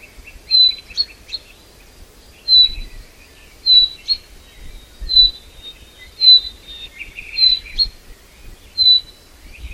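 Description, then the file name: Common chaffinch repeating short high call notes at uneven intervals, sometimes doubled, while other birds twitter softly below. "Fringilla coelebs"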